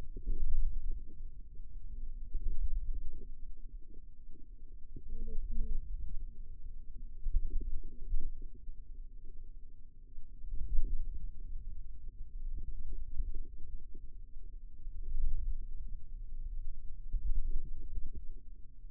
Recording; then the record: forearm muscle sounds (acoustic myography)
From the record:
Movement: wrist extension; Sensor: system 2, bracelet of six BSWA MPA416 microphones around the upper forearm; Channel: 3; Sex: female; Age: 22 years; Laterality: right